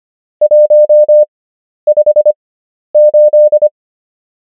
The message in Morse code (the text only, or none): 158